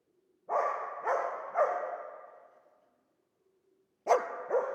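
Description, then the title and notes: Dog barking three times in quick succession, a pause, then two more rapid barks, each one sharp-edged with a drawn-out fading tail. Old dog trapped in the pool basin of the decaying El Glaoui palace courtyard, Fès, Morocco; circling in full sun, rearing on hind legs, barking at visitors; recorded with Zoom F3 and ORTF rig. "Fès, Fès-Meknès, Maroc - le chien du palais El Glaoui. Palais El Glaoui Dans la cour du palais (en décrépitude avancée), un vieux chien est "prisonnier" dans le bassin/piscine. Il se dresse sur ses pattes arrières pour entrevoir quelques secondes ce qui se passe dans la cour et "invective" les visiteurs de ses aboiements. Prise de sons : JF CAVRO"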